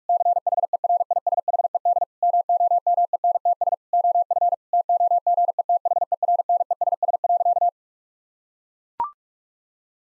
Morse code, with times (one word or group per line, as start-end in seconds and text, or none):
0.1-2.0 CHERISHED
2.2-3.7 MOMENTS
3.9-4.5 OF
4.7-7.7 TOGETHERNESS.